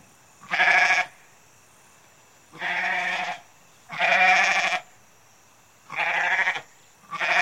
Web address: goat